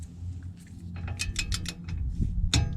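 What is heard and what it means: A click-type torque wrench tightens the upper ball joint nut on a truck steering knuckle to 40 foot-pounds over a low background rumble, with a few softer ticks between 1.2 and 1.7 s. A sharp, loud click at 2.5 s confirms the nut has reached its 40 foot-pound setting.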